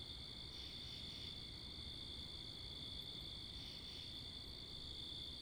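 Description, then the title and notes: Crickets in a steady high-pitched chorus, with louder pulsed chirp bursts about every three seconds over a low rumble of wind and passing cars. Wakefield, Rhode Island, USA; 10 October 2021 at 11:35pm, night; mics facing northeast; two Rode NTG-3 shotgun mics on a Sound Devices MixPre 10ii; with cars and wind. "Oct 10th 2021 11:35pm Wakefield, Rhode Island. Crickets, Cars, and Wind"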